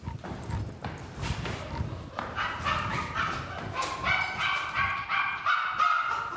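A dog in a run-down three-room Soviet-era apartment barks and yips in a loose series of sharp, mid-pitched calls, with some whining tones between them, over a steady clatter of knocking or hoof-like taps.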